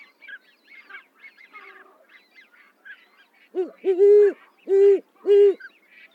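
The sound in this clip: Owl giving a few loud, low hoots in close succession, after softer, higher twittering sounds.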